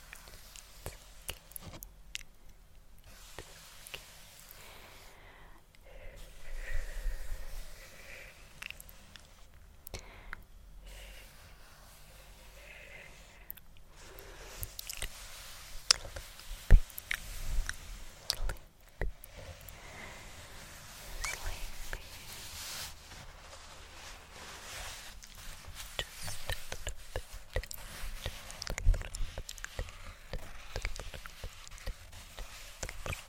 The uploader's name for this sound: Fabric Sounds